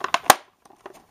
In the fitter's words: So it doesn't quite want to seat down